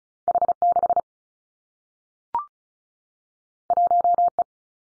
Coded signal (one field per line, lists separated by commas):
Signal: Morse code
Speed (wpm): 36 wpm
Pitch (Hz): 700 Hz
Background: none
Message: H 6 1 E